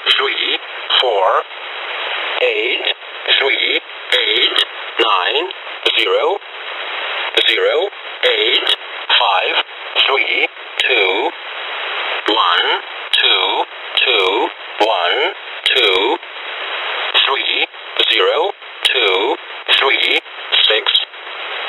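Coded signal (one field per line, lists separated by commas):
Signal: numbers station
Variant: E07 English Man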